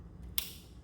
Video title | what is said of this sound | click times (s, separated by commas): Fix VW P2279 Code: Rough Idle & Surge in 2.0T/2.5 Engines! | make sure it clicks all the way | 0.4 s